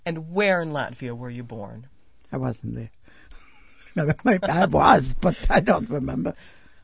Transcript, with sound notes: And where in Latvia were you born?
I wasn't there. (they laugh) I was, but I don't remember.